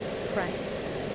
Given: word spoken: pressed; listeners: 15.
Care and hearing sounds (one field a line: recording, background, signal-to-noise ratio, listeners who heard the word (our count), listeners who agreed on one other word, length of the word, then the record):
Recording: one English word in noise, from a listening test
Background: speech-shaped noise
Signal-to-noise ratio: -4.5 dB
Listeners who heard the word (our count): 1 of 15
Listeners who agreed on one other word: 10 of 15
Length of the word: 0.75 s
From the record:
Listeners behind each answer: 10, 1, 1, 1, 1, 1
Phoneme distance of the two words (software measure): 7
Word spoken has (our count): 1 syllable, 5 phonemes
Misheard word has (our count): 1 syllable, 4 phonemes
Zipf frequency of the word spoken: 3.97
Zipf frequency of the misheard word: 4.89